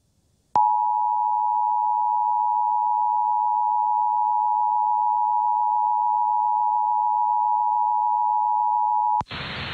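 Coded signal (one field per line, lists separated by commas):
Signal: Emergency Alert System (SAME) tones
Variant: 853 and 960 Hz attention tone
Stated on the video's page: Required Monthly Test on an Oklahoma City television subchannel, recorded with a Tablo Quad.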